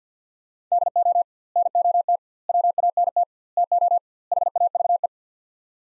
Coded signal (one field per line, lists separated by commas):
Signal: Morse code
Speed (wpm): 50 wpm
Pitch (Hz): 700 Hz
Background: none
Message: DO NOT WANT TO HAVE